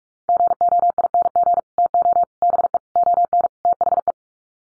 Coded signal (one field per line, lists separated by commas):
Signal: Morse code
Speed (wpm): 44 wpm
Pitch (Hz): 700 Hz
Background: none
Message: GOING TO BE ON THE